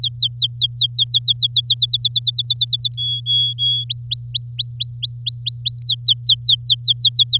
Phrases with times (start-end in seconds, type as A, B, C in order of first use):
0.02-1.61 A, 1.64-2.94 B, 2.97-3.84 C, 3.89-5.79 D, 5.82-7.38 A